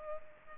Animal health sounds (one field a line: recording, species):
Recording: mosquito wingbeat signal from an infrared sensor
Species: Culex pipiens